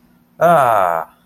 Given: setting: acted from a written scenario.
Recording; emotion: vocal sound without words; triumph